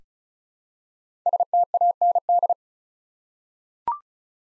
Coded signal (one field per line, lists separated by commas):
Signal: Morse code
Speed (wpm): 36 wpm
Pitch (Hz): 700 Hz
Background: none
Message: STAND